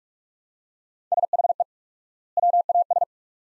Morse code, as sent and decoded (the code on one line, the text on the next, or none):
... .... . / .-- .- ...
SHE WAS